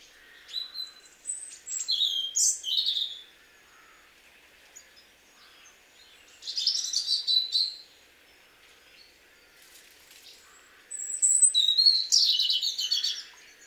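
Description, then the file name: European robin song: three high, thin, warbling phrases, each about one to three seconds long, with quiet pauses between them and sharp whistled notes mixed in. "Erithacus rubecula"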